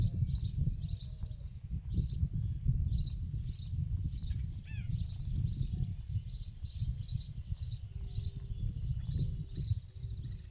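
Small birds in the countryside chirp and tweet in quick, bright bursts that repeat throughout, several voices overlapping. Beneath them runs a steady low rumble, like wind, with a few soft lower calls drifting in now and then.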